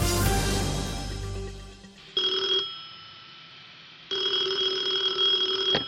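An old-fashioned telephone bell rings in two bursts, a short ring followed by a longer sustained one, bright and metallic, after a noisy rumbling opening fades away. No one speaks.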